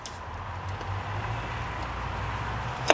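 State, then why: Released. A 6.0 diesel engine's EGR valve is pried upward out of its bore in the EGR cooler/intake with pry bars placed on both sides, under a steady low rumble and a faint tap near the start. A sharp pop at 2.9 s marks the valve breaking free and releasing from its bore.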